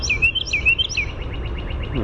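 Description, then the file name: Carolina wren song, a loud rolling phrase repeated three times quickly, then a softer fading series of notes. "CARW song"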